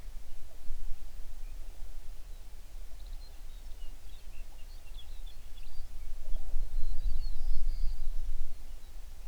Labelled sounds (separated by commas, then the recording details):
songbird
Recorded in the Prudhoe Bay oil fields, Alaska, on 11 June 2019 at 05:04
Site 21